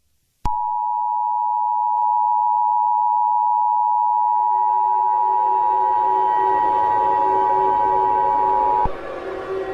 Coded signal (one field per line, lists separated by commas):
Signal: Emergency Alert System (SAME) tones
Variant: 853 and 960 Hz attention tone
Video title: King Sombra's Rampage (EAS Scenario)